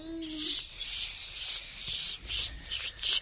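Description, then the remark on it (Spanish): A steady run of soft, hissy swishes, about six or seven in a loose walking rhythm, as legs brush through tall grass crossing a field. No voices, just the brushing strokes rising and fading. “Atravesar el campo.”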